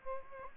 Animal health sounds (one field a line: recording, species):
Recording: mosquito wingbeat signal from an infrared sensor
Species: Aedes aegypti